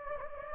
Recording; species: mosquito wingbeat signal from an infrared sensor; Anopheles gambiae